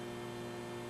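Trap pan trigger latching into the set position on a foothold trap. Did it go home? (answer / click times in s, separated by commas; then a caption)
no / none. Someone lifts the loose jaw of a steel MB 550 foothold trap with a welded-on expanded pan and sets it, pushing the pan down toward the trigger latch. Only a steady, even electrical-sounding hum with strong low tonal bands is heard, with no sharp sounds. Nothing has clicked or latched yet when the clip ends.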